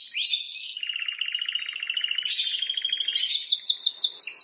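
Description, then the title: Plain prinia song: a harsh, buzzy, rattling trill runs for a few seconds, then gives way to a quick series of high slurred notes. "Ciblek Sawah"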